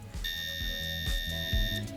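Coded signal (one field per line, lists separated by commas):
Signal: beep code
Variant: PC BIOS POST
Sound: one long buzzy beep lasting about 1.6 seconds, with low hum and clicks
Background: low hum, clicks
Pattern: 1 long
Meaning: A long beep at power-on means no memory is installed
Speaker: it's kind of a weird beep but that's more or less the the long beep You're Expecting when you don't have memory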